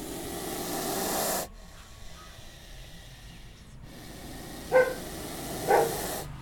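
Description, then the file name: Snake producing two long breathy hisses, the first about a second and a half, the second longer, with two short louder bursts within it. Snarling. "Snarling Snake"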